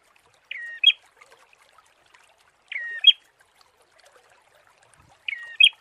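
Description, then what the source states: Prinia phrase: a short flat note followed by a bright upward chirp, repeated three times about two and a half seconds apart. Prenjak; tutor (masteran) therapy recording for training birds.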